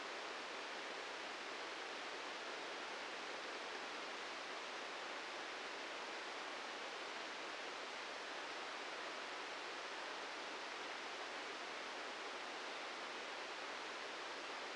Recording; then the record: brain microelectrode recording played as sound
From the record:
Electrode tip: inside the subthalamic nucleus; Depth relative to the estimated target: -2 mm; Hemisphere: right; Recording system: NeuroSet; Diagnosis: Parkinson's disease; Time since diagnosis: 13 years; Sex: male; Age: 65 years